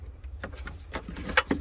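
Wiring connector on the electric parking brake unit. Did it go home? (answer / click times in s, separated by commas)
released / 1.4 s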